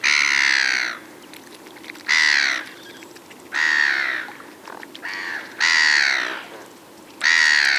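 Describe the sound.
Black-headed gull giving harsh, rasping, drawn-out cries, about five calls roughly every one and a half to two seconds, with a fainter call between them.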